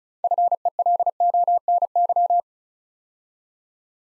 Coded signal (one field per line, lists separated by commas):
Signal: Morse code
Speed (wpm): 36 wpm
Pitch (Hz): 700 Hz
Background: none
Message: FELONY